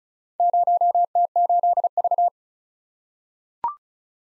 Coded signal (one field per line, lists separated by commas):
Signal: Morse code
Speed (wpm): 36 wpm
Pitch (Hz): 700 Hz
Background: none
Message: 0T8V